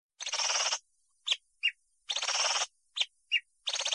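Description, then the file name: Greater green leafbird song: dense, rich chattering bursts alternating with short clear notes, each phrase lasting under a second with brief pauses between. Imported bird. "cucak hijau impor"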